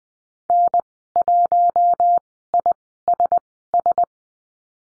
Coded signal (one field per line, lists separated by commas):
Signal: Morse code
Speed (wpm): 20 wpm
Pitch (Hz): 700 Hz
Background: none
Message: N1ISS